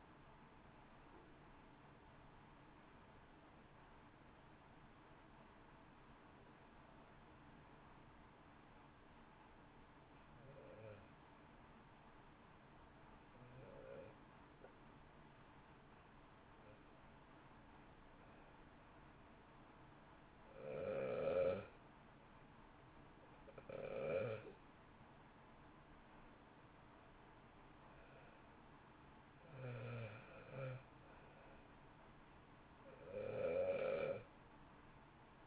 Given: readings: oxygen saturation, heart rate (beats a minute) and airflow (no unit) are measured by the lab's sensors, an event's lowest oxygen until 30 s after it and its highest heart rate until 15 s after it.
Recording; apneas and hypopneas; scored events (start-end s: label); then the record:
breathing in sleep by a voice recorder at the bedside; 1
8.00-25.30 s: hypopnea (N1, oxygen 94% highest, then 87% lowest, heart rate 59 at the start, 60 highest)
From the record:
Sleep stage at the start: N1 (lightest sleep); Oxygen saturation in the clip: 88 to 94%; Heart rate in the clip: 56 to 60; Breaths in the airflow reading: 10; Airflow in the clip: -1.0 to 1.3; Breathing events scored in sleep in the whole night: 328 in 6.3 hours asleep